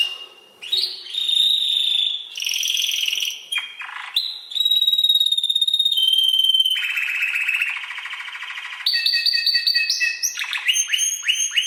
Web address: Music Canary Canary Singing